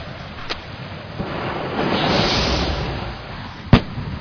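A signal flare is fired in the dark to signal an approaching plane: a short pop, then a rising, hissing whoosh that swells and fades, followed by a sharp, loud bang. No one speaks.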